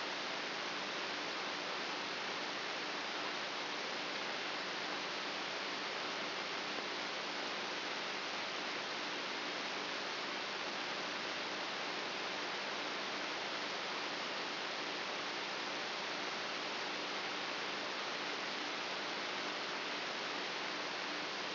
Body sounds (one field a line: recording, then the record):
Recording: brain microelectrode recording played as sound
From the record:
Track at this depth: inside the subthalamic nucleus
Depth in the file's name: 4.44 mm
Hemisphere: right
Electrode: 2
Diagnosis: Parkinson's disease